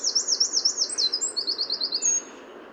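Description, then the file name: Eurasian wren song: a rapid, loud outpouring of high, sharp trills and chattering notes, changing pitch in quick sections before ending abruptly, over faint background hiss. "Troglodytes troglodytes"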